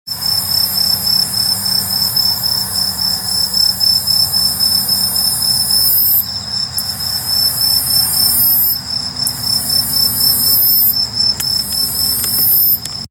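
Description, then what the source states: Aomatsumushi tree cricket song: a steady, unbroken high-pitched trill held throughout. Recorded 20 August 2019.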